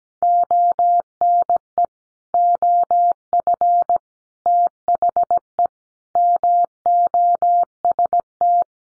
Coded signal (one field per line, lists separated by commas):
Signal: Morse code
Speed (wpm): 17 wpm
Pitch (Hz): 700 Hz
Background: none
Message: ONE OF THE MOST